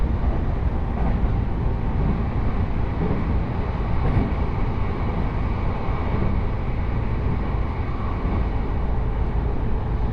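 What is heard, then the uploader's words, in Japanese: A local commuter train rumbles steadily inside the carriage, a dense low roar with faint rattling and no distinct events throughout. 常磐線各駅停車 北千住→我孫子。各駅停車区間を走るのは東京メトロ千代田線に乗り入れる車両なので随分と異色な感じがします。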